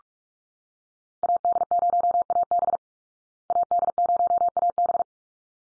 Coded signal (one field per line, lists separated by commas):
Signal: Morse code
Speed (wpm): 44 wpm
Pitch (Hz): 700 Hz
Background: none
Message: AD0AB AD0AB